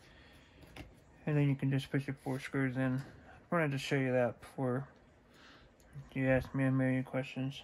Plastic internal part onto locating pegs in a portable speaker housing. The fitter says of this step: i got the one peg here there's the other peg all right so now that's kind of snaps into place and